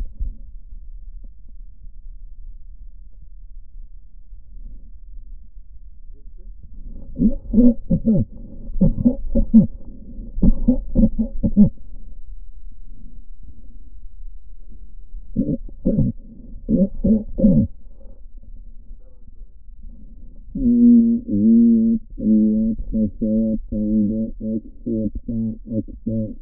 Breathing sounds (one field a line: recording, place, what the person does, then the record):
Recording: lung sounds by stethoscope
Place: left posterior apical chest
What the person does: quiet breathing, then cough and speech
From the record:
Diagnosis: pulmonary infection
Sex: male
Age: 86 years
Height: 165 cm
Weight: 65 kg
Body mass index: 23.9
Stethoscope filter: diaphragm mode